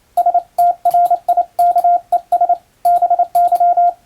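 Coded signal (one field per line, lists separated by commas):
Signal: Morse code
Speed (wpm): 28 wpm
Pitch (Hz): 700 Hz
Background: radio noise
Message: STRIKES BY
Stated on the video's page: Hand-keyed international Morse telegram sending practice with a telegraph key, by a first-class radiotelegraph operator.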